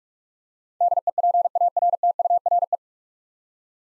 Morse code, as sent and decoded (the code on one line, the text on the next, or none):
-.. . .--. .- .-. - ..- .-. .
DEPARTURE